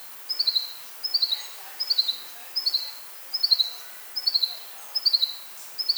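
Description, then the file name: Common chaffinch calling with brisk high note groups, each a rapid descending run of about four clicks, repeated steadily just under a second apart against soft hiss. "Fringilla coelebs"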